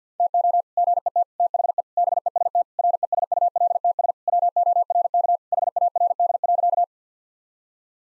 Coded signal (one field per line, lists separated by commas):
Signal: Morse code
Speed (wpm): 50 wpm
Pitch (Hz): 700 Hz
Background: none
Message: TO GET THE BEST RESULTS WORK HARD.